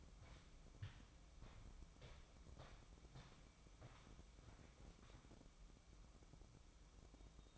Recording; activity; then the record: daily activity, microphone in the room; walk to room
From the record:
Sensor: 1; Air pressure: 1008.2 hPa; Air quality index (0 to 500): 141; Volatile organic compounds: 2 ppm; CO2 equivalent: 1187 ppm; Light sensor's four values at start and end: 9/22/9/9 and 9/22/9/9